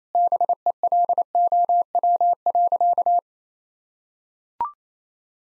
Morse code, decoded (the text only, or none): BELOW.